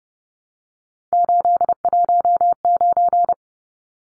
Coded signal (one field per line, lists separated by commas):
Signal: Morse code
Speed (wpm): 30 wpm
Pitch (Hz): 700 Hz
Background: none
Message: 819